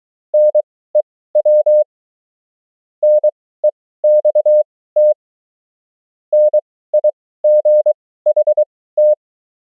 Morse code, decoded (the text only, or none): NEW NEXT NIGHT